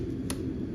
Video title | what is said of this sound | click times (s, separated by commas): DSX FLEX FUEL KIT & SPEED ENGINEERING LONG TUBE HEADERS INSTALL ON 2020 CAMARO SS! | Click. You're done. | 0.3 s